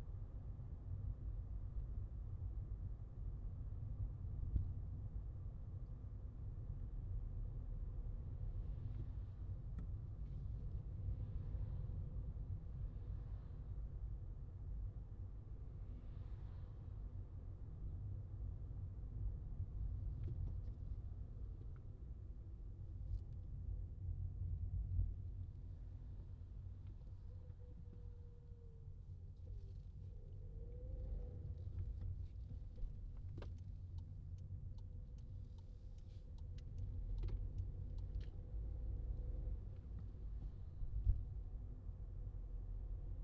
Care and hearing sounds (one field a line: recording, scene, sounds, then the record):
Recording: everyday scene through a hearing-aid microphone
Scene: in a vehicle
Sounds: engine, highway traffic jam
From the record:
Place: Skoda Fabia, gasoline engine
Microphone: in the ear canal, left